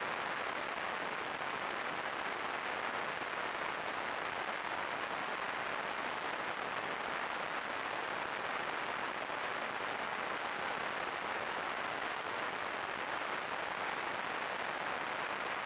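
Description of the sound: Simulated tinnitus: a steady, continuous hiss of broadband noise, strongest in the mid frequencies around 1–2 kHz, with almost no low-frequency content. It runs unchanged throughout.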